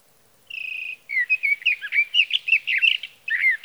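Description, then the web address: Sage thrasher singing: a steady whistled note opens, then a long, jumbled warble of quick, varied chirps and trills follows. "birdsongforthecurious Sage Thrasher"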